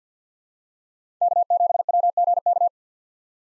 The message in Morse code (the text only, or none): K7WGK